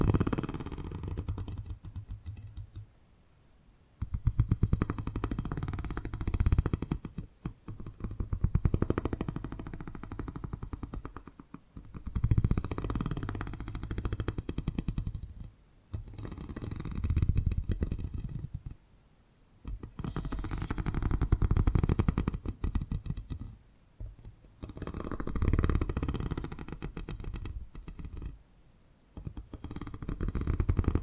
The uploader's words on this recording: ASMR Brain Tingly Purring Triggers for Sleep (No Talking).